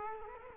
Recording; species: mosquito wingbeat signal from an infrared sensor; Culex quinquefasciatus